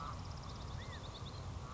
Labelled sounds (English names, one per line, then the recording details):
California Quail
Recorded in Sonoma County, California